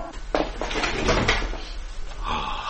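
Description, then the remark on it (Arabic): A door is pushed shut and bolted by a gang leader behind him: a few sharp wooden thuds and rattling clatters over a couple of seconds, then a softer scrape as the lock slides into place. “يا لبشاعة لمنظره، إنه أوصد الباب خلفه”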